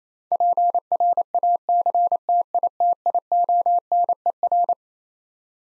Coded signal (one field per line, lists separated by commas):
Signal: Morse code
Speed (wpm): 28 wpm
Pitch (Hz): 700 Hz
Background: none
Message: PRACTITIONER